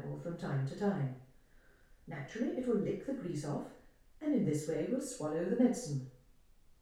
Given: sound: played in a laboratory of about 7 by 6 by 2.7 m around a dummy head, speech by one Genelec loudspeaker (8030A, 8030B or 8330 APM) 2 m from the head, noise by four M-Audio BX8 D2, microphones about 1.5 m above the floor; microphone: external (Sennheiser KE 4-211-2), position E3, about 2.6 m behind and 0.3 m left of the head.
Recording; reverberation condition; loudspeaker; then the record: female speech in English; medium; 90 degrees to the left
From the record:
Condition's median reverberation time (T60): about 510 ms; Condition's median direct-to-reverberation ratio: about -0.5 dB